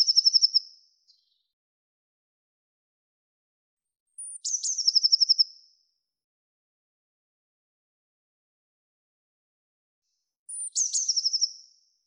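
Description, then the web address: Eurasian blue tit calls: three high trills, the first cut off at the start, the later two each a thin opening note and a rapid run of buzzy pulses, several seconds apart. "cianscape birddata Deverinetal 2025 File cleaned normalized Bird Cy Ca"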